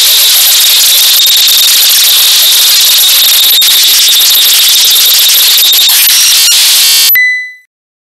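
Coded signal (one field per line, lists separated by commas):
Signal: ZX Spectrum tape loading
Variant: turbo loader, 11 kbps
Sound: continuous harsh high-speed data screech, then abrupt cut with a short tone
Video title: Sinclair ZX Spectrum - Batman (1986) (Ocean Software) 48K Turbo Loader 11 kbps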